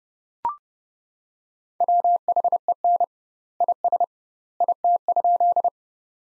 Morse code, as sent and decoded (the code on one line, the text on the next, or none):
.-- .... . -. / .. ... / .. - ..--..
WHEN IS IT?